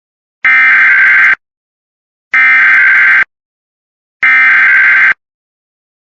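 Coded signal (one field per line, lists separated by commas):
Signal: Emergency Alert System (SAME) tones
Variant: header bursts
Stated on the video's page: Required weekly demo EAS alerts.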